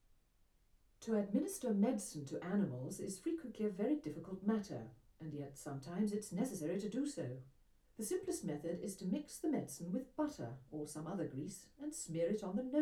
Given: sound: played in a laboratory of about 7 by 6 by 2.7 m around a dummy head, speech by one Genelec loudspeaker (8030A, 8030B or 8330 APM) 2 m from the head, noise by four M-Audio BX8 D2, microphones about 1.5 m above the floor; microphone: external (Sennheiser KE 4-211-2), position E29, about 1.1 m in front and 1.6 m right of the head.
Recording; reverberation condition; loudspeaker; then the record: female speech in English; low; 60 degrees to the left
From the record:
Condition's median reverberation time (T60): about 310 ms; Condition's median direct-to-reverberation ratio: about 3.5 dB